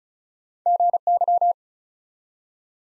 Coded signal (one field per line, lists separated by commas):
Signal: Morse code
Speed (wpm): 36 wpm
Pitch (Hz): 700 Hz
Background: none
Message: GY